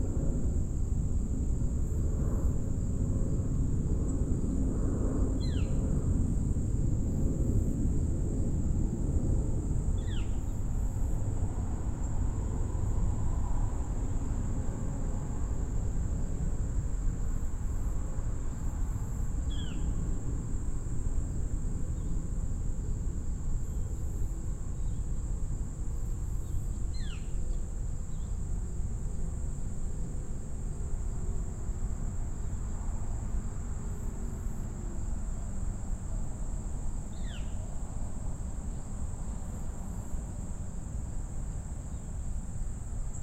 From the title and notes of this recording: Gibraltar Bay Unit: Detroit River International Wildlife Refuge. Marsh and upland refuge on the site of a former Navy seaplane base and former NIKE missile base.